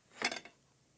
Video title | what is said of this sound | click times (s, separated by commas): Grip Gear | you'll feel it clicking in there's actually some grooves here that'll click in here | 0.2 s, 0.4 s